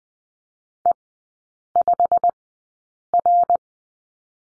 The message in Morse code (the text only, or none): E5R